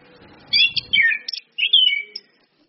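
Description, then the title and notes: Orange-headed thrush song: two quick phrases of varied slurred whistles, the second descending. Indonesian training lure ('pancingan') of clear 'ngeplong' song with female whistles ('suitan betina'), meant to make birds sing eagerly ('gacor'). "PANCINGAN anis kembang ngeplong dan SUITAN BETINA. Masteran Anis Kembang"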